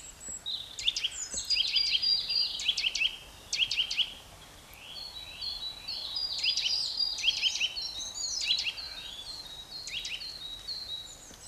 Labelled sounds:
Eurasian Nuthatch song
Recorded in the wild
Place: Locarno, Tessin, CH
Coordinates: 46.1872, 8.79278
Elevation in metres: 1036
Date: 1978-03-11 17:15
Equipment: Uher 4000 Report
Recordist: Tretzel, Erwin

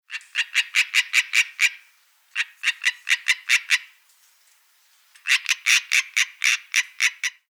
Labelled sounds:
Common Tree Frog
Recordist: Tembrock, Günter
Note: Rufe eines einzelnen Tieres

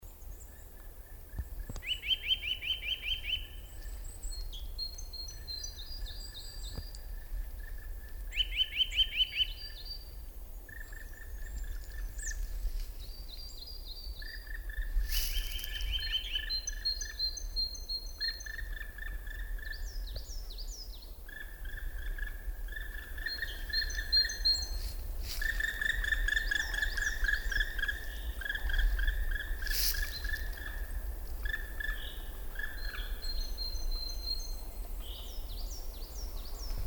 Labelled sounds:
Black Woodpecker call
Great Tit
Eurasian Nuthatch
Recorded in the wild
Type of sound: call sequence
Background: Parus major, Sitta europaea
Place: Groß Schönebeck, Schorfheide, Brandenburg, DE
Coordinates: 52.9275, 13.5992
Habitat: lake
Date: 1997-03-26 17:47
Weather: overcast, ca. 0°C, almost no wind
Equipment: Sony MD-WM MZ-R3, Sennheiser MKH 416 T, Kopie Uher 4000 Report Monitor
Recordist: Tembrock, Günter
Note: Am Kleinen Pinnowsee. Flugrufreihen

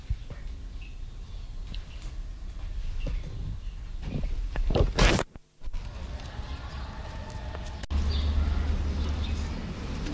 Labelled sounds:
Reeves' Muntjac
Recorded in captivity
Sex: male
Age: adult
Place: Zoo Leipzig, Sachsen, DE
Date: 1970-10-01 11:35
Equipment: Uher 4200 Report-S, Tesla Verstärker, Sennheiser MD 421
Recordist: Tembrock, Günter
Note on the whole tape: Männchen: im Innenraum; Zähneklappen, als Beobachter eintritt (Abstand ca. 4 m)

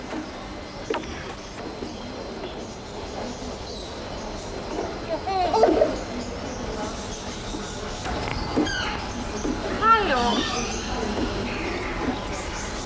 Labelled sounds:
Common Hill Myna
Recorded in captivity
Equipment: Halbspur, 9,5 cm/s
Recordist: Lütgens, Hans
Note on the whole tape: Rufe, Imitationen. "Eisertango" (?)

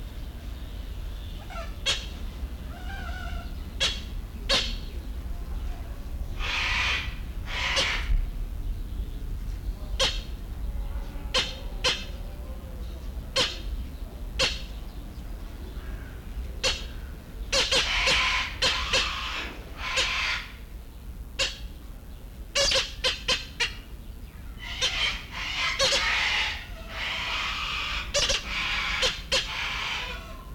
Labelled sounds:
Sulphur-crested Cockatoo call
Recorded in captivity
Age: adult
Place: Zoo Berlin, Berlin, DE
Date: 1994-08-06 11:14
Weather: wolkig bis heiter, 20-27°C
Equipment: Marantz CP 430, Sennheiser ME 80, Kopie Uher Variocord 263
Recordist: Tembrock, Günter

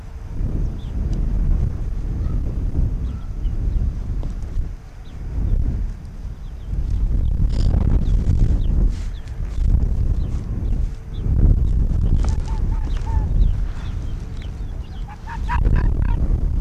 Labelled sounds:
Arctic Fox
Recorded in the wild
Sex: pair
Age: adult
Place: Insel Mednyi, Kommandeur-Inseln, RU
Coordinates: 54.5167, 168.083
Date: 1999-07-11 18:45
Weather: 10°C, Westwind
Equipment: Sony WM-D6C, Sennheiser ME 80, K 30 AV, Windkorb, Kopie Sony TCD-D8
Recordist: Jakupi, Antje

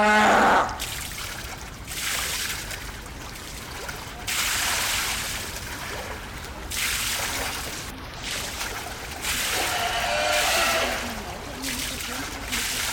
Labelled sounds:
Brown Fur Seal call
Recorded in captivity
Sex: group
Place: Zoo Berlin, Berlin, DE
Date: 1996-01-12 11:10
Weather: bedeckt, um 0°C
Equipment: Marantz CP 430, Sennheiser ME 80, Kopie Uher 4000 Report Monitor
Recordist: Tembrock, Günter

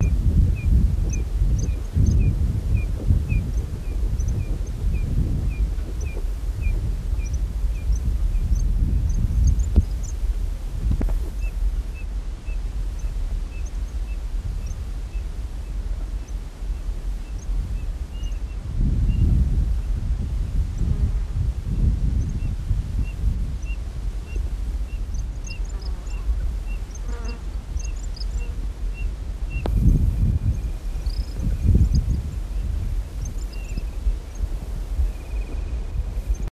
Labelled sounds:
Cattle Tyrant call
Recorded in the wild
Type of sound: call
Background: Nothura maculosa
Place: Córdoba, AR
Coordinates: -31.4201, -64.1888
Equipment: Halbspur, 9,5 cm/s
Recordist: Lütgens, Hans
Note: Rufe, daneben Nothura maculosa

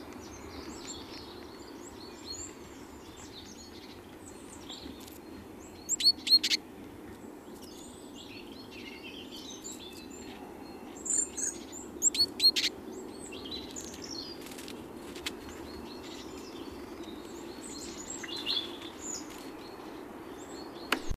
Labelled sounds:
Great Tit song
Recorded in the wild
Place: Kaiserslautern, Rheinland-Pfalz, DE
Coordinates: 49.4133, 7.7675
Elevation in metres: 387
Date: 1975-03-15
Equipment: Nagra IV
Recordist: Tretzel, Erwin

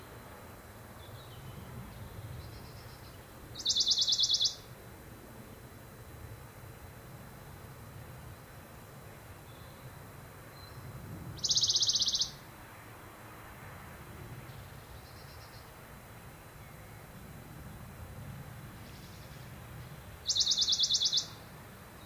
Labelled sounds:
Western Bonelli's Warbler song
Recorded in the wild
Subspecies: bonelli
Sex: male
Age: adult
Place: Pfullingen, an der Talflanke des Echaztals, Schwäbische Alb, Baden-Württemberg, DE
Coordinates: 48.4617, 9.24333
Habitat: forest
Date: 1971-05-26
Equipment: Nagra III PH, MD 211
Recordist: Schneider, Hans-Joachim

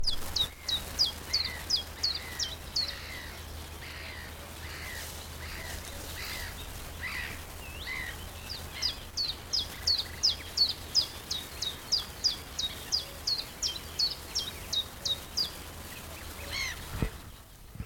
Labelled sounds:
Common Chiffchaff
Common Cuckoo
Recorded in the wild
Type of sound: call, call sequence
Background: Cuculus canorus
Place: Karower Teiche, Naturpark Barnim, Berlin, DE
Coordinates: 52.622, 13.46
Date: 1992-05-16 10:17
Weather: sonnig, 17-22°C
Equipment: Nagra SN, Mikrofon AKG CK 8, Kopie Tesla B 116
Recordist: Tembrock, Günter
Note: Karower Fischteiche; Gesang (kurze Aufnahme)

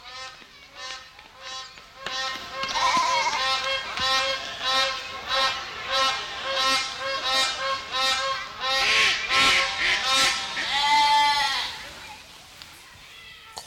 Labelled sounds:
Gray Crowned-Crane call
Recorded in captivity
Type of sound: call, call sequence
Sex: pair
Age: adult
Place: Zoo Augsburg, Bayern, DE
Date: 1993-09-04 15:53
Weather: 14°C, bedeckt
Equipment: Marantz CP 430, Sennheiser MKH 416 T, Kopie Uher Variocord 263
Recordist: Tembrock, Günter
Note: Duettrufen

